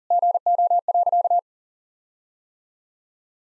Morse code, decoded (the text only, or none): GO.